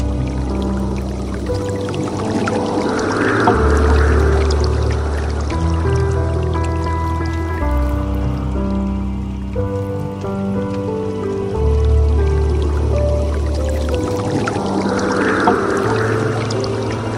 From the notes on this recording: the ethereal blend of soothing piano melodies and the gentle flow of a soft water stream